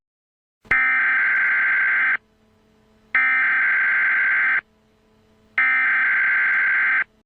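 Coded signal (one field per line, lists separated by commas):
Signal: Emergency Alert System (SAME) tones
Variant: header bursts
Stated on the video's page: Micronation EAS alert, not an official broadcast.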